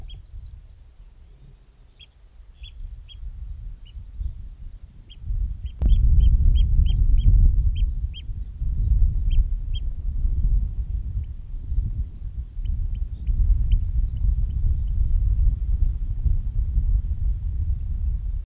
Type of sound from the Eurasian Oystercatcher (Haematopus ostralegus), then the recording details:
song. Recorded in the wild. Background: Alauda arvensis. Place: Höhbeck, OT Restorf, Niedersächsische Elbtalaue, Niedersachsen, DE. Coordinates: 53.0414, 11.4453. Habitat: floodplain. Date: 1969-05-26. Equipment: Uher 4000 Report-S, Bändchenmikro Beyer M 260, Parabolspiegel Polyester (470 mm). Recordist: Conrads, Klaus. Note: Gesang. Datumsangabe: 26. und 27. Mai 1969. Teilweise starke Windgeräusche